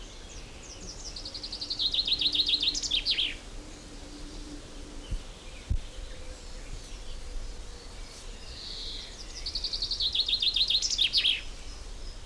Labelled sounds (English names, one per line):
Common Chaffinch